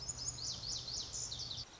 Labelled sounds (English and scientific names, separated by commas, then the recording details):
Lazuli Bunting (Passerina amoena)
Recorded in Sonoma County, California